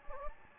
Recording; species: mosquito wingbeat signal from an infrared sensor; Anopheles gambiae